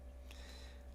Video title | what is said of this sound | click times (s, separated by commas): Parrot Zik 2.0 Unboxing & Overview - Blue | don't have to kind of push it forward a little bit and then slam it down a little bit more and that'll pop the battery into the correct spot and | 0.3 s